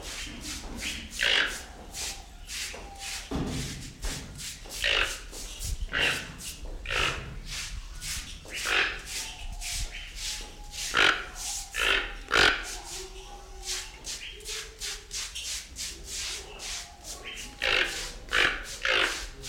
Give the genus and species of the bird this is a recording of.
Ramphastos toco